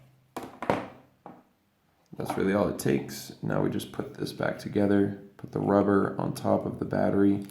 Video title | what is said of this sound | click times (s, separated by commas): Jeep Cherokee Key Fob Battery Replacement (2014 - 2021) | and it will click in | 0.4 s